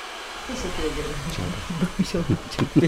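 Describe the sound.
A hair dryer blows with a steady, even whoosh throughout, while a person talks over the constant airy roar.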